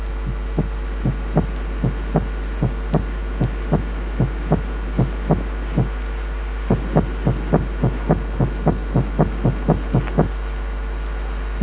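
Clean paired lub-dub beats of a normal adult heart, first at about 75 a minute and then at about 105: normal first and second heart sounds, the first sound lower in pitch, duller in tone and longer than the second.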